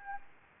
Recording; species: mosquito wingbeat signal from an infrared sensor; Anopheles gambiae